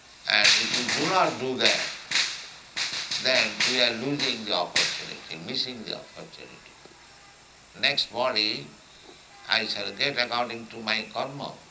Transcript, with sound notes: And if we do not do that, then we are losing the opportunity, missing the opportunity. [loud noise of firecrackers throughout] Next body I shall get according to my karma.